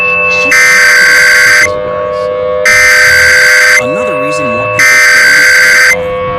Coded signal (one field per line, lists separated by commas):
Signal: Emergency Alert System (SAME) tones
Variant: header bursts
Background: speech